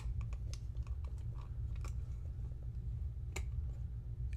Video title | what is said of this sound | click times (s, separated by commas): Kodak 66 Model II and Model III | till it clicks | 3.4 s